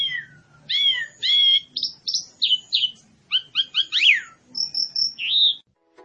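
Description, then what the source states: Pied myna calls in a rapid mix of bright whistles, squeaky chirps and a few falling slurred notes, delivered in quick bursts over six seconds. Pied myna lure call for trapping or training.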